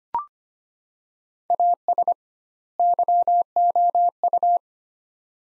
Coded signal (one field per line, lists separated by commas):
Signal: Morse code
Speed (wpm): 25 wpm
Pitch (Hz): 700 Hz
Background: none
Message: AS YOU